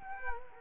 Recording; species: mosquito wingbeat signal from an infrared sensor; Culex quinquefasciatus